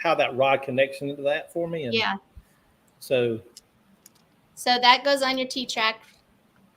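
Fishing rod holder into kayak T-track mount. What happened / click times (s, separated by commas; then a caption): The rod holder is handled near its track mount but not yet seated / none. A fishing rod holder base, which uses a magnet to stay locked once it is on, is handled near a kayak's T-track mount while people talk, with a few faint ticks in the pauses. Nothing has seated or clicked into the mount yet.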